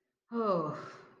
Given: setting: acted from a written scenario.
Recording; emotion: vocal sound without words; distress